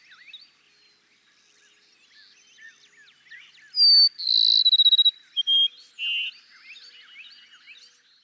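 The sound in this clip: Cassin's sparrow with one bright song phrase: a high whistle, a fast pulsing trill and a few lower notes, over soft chirping.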